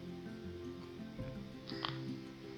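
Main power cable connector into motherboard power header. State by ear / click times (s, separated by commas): seated / 1.7 s, 1.8 s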